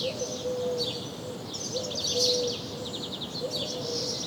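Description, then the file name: House sparrow with busy chattering chirps, alongside a few low, short whistled tones and steady background hiss. "Passer domesticus"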